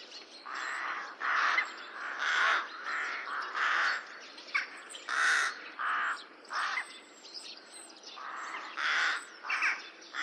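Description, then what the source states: Rook caws, rough and drawn out, given as a series of loud bursts with short gaps between them. Rookery, a breeding colony in the UK.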